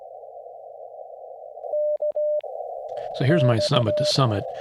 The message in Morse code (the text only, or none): K X